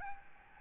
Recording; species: mosquito wingbeat signal from an infrared sensor; Aedes albopictus